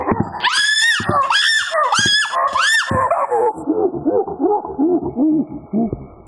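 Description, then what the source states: Common chimpanzee pant-hoot climax: loud, harsh screams rising and falling in several bursts, followed by a series of quicker, softer hoots. Pant-hoot call made by a male chimpanzee.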